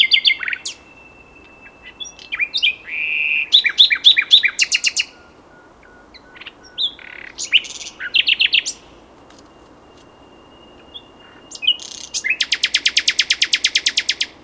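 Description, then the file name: Common nightingale producing several phrases of buzzy notes, whistles and sharp repeated chips, ending with a long fast rattling trill. "Luscinia megarhynchos"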